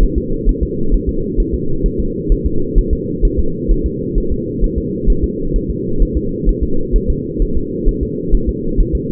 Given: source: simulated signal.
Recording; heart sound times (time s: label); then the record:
fetal heart sounds
0.03 s: S1
0.18 s: S2
0.49 s: S1
0.63 s: S2
0.94 s: S1
1.09 s: S2
1.40 s: S1
1.54 s: S2
1.86 s: S1
2.00 s: S2
2.32 s: S1
2.46 s: S2
2.79 s: S1
2.93 s: S2
3.25 s: S1
3.39 s: S2
3.71 s: S1
3.86 s: S2
4.18 s: S1
4.32 s: S2
4.64 s: S1
4.78 s: S2
5.10 s: S1
5.24 s: S2
5.56 s: S1
5.70 s: S2
6.02 s: S1
6.17 s: S2
6.49 s: S1
6.63 s: S2
6.96 s: S1
7.10 s: S2
7.42 s: S1
7.57 s: S2
7.89 s: S1
8.03 s: S2
8.35 s: S1
8.49 s: S2
8.80 s: S1
8.95 s: S2
From the record:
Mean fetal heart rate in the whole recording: 130 bpm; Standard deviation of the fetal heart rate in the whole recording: 2 bpm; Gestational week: 38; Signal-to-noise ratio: -8.1 dB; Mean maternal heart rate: 72 bpm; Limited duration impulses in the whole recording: absent